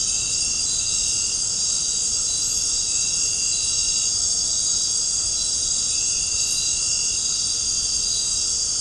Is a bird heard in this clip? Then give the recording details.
no. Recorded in dense forest near Puerto Asís, Putumayo, Colombia, on 13 March 2025 at 19:30. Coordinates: 0.467, -76.328. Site G041